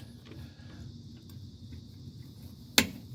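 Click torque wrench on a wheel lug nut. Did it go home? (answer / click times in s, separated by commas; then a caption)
yes / 2.8 s. A click-type torque wrench tightens a further wheel lug nut against a low, steady background hum, with a faint tick at 1.3 s. A single sharp, loud click rings out at 2.8 s as the wrench reaches its set torque.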